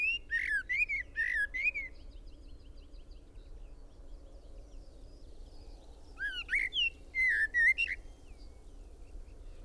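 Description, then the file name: Common blackbird singing two phrases: a run of mellow, wavering whistles, a pause with faint thin notes, then another fluty phrase ending in twitters. "Turdus merula"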